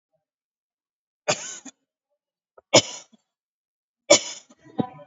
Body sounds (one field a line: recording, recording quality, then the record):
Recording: heavy voluntary cough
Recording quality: excellent, no background noise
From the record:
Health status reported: COVID-19 positive, mild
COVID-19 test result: positive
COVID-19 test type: RT-PCR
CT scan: taken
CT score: 9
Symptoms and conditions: cough, fatigue, muscle pain, loss of smell and taste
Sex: female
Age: 55 years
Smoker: no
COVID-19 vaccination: one dose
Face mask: worn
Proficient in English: yes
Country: India